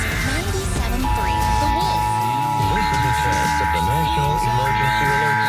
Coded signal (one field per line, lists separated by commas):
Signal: Emergency Alert System (SAME) tones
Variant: 853 and 960 Hz attention tone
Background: speech, music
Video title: 2021 EAS National Periodic Test, annotated